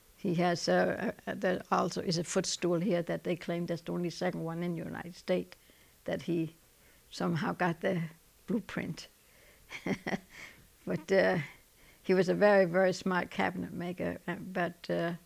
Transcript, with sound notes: He has, there also is a footstool here that they claimed that's the only second one in the United States that he somehow got the blueprint. ( she laughs ) But, uh, he was a very, very smart cabinet maker. But, uh,